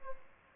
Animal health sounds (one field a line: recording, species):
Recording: mosquito wingbeat signal from an infrared sensor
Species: Aedes albopictus